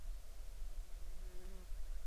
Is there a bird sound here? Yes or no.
no